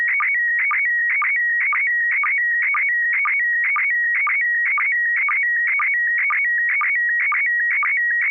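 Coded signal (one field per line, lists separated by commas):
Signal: SSTV (slow-scan television)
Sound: steady warbling tones stepping between pitches, with short low chirps repeating about twice a second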